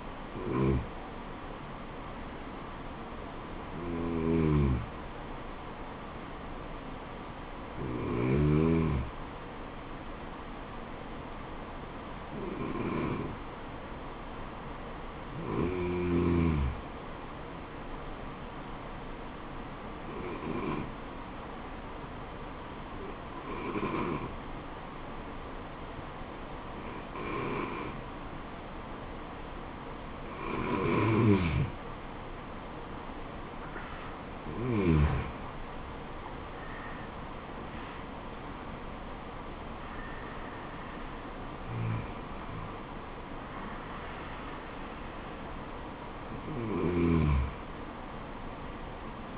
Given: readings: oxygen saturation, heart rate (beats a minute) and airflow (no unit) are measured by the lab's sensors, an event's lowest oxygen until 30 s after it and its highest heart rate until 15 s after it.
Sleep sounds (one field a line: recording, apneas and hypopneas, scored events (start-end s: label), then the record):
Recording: breathing in sleep by a voice recorder at the bedside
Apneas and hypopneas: 1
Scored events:
3.00-31.70 s: hypopnea (N1, oxygen 97% highest, then 92% lowest, heart rate 75 at the start, 78 highest)
21.00-49.38 s: new sleep stage, N2 (light sleep)
From the record:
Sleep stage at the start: N1 (lightest sleep)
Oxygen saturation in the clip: 91 to 97%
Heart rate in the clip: 69 to 78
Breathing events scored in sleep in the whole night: 426 in 7.4 hours asleep